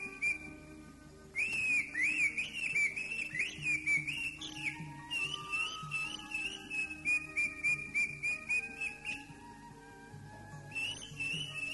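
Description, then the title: Greater green leafbird song: a fast run of wavering whistled notes that shifts higher, then continues in quick repeated whistles after a short lull, over a low background hum. "Cio. Burung Cucak Ijo"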